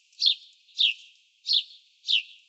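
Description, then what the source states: Sparrow chirps, four short, bright, downslurred notes evenly spaced, with no other sounds. Single sparrow chirping.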